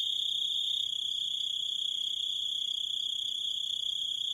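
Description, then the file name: Grasshopper stridulation heard as a constant, piercing high trill throughout. "zvuki kuznechika"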